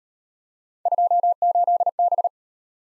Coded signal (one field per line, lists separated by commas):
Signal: Morse code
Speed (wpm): 34 wpm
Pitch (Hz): 700 Hz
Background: none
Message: 28B